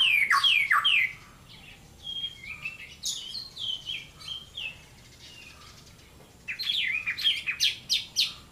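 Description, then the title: White-rumped shama song with loud sweeping whistles at the start, softer chattering phrases in the middle, and a burst of sharp squeaky notes toward the end. Murai master song for training cage birds to sing, with lovebird-like notes. "Suara murai rasa lovebird"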